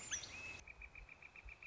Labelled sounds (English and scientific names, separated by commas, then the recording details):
Northern Flicker (Colaptes auratus)
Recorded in Sonoma County, California